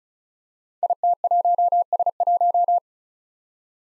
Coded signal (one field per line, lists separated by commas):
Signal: Morse code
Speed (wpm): 36 wpm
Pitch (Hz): 700 Hz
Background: none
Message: IT1S1